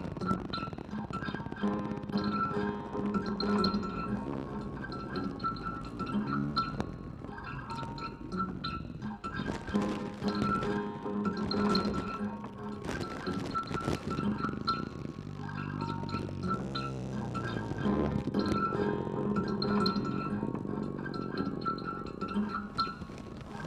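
Everyday objects and natural materials played as improvised instruments, producing a dense, continuous layer of knocks, taps and scrapes. Steady ringing tones around a few fixed pitches recur throughout, with louder clattering bursts near 10 and 15 seconds and constant busy texture underneath.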